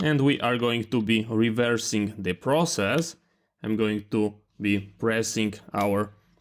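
Someone talks while about to press the gray battery compartment door into its port on a Meike battery vertical grip for a Sony Alpha A500/A550 camera. Only speech with short pauses is heard, and no distinct click stands out. Nothing has seated or clicked yet by the end of the clip.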